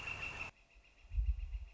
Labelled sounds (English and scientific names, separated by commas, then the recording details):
Northern Flicker (Colaptes auratus)
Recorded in Sonoma County, California